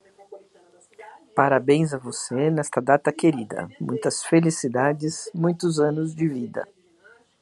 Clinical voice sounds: short text; Brazilian Portuguese; female; 60 to 69 years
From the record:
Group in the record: control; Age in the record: 63 years

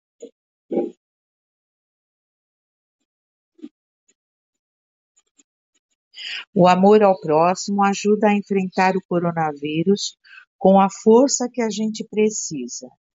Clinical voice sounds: spoken sentence; Brazilian Portuguese; female; 60 to 69 years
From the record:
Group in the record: control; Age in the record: 65 years

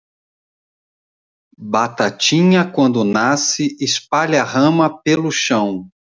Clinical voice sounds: short text; Brazilian Portuguese; male; 50 to 59 years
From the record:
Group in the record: control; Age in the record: 55 years

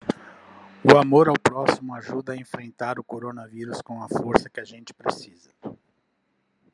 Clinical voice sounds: spoken sentence; Brazilian Portuguese; male; 50 to 59 years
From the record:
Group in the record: control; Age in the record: 54 years

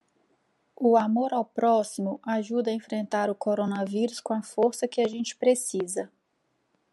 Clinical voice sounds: spoken sentence; Brazilian Portuguese; female; 30 to 39 years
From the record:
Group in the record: control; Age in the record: 37 years

